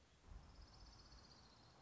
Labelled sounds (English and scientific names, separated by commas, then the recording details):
Orange-crowned Warbler (Leiothlypis celata)
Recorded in Sonoma County, California